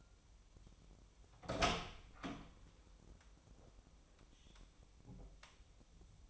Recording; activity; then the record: daily activity, microphone in the room; open door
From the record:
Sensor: 1